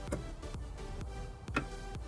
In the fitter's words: wise as you heard the click it locks in